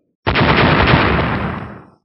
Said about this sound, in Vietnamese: Năm tiếng nổ trầm đục vang lên, hai tay tỏa những tia sáng vàng lưu chuyển của thanh niên giản dị sau khi đón đỡ ba móng vuốt nhọn hoắt thì vẫn bình an vô sự, nhưng hai cái cuối cùng thì lại đánh nát khí vàng hộ thể, cứng rắn đánh lên hai tay của gã.